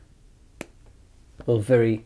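A Lamy Studio Aquamarine fountain pen's cap is pushed onto the lipped metal end cap of the barrel to post it, giving a single sharp click at 0.6 s. The cap seats securely in place, and afterward someone talks.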